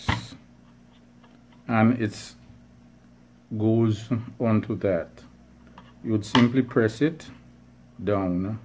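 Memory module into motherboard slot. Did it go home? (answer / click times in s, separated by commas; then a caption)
no / none. A memory module is handled over its slot on the motherboard of an HP ProDesk 400 G3 Mini desktop PC while someone talks, with a sharp tap near 0.1 s and faint small ticks around 1.2 and 1.5 s. The clip ends before the module is pressed down, so nothing has seated or clicked yet.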